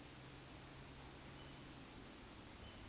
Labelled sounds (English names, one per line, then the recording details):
Eurasian Woodcock whistle
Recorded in Baden-Württemberg, Germany, on 9 May 2021 at 19:20 UTC
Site 23718, 552 m above sea level